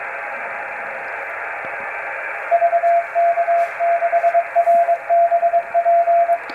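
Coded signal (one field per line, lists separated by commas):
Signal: Morse code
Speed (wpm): 22 wpm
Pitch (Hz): 680 Hz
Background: radio noise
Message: VK6RBP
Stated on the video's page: International HF beacons on 5 bands, used to assess propagation and band openings.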